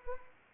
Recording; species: mosquito wingbeat signal from an infrared sensor; Anopheles arabiensis